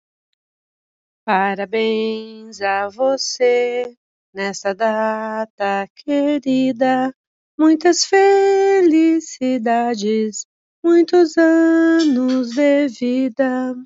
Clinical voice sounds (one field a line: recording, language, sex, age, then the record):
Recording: short text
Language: Brazilian Portuguese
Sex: female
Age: 50 to 59 years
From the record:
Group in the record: control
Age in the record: 55 years